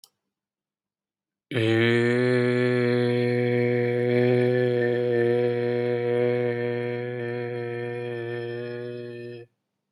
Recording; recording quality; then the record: sustained vowel as in made; excellent, no background noise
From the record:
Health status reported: healthy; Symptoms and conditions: none ticked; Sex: male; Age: 34 years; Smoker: not ticked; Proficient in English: yes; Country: India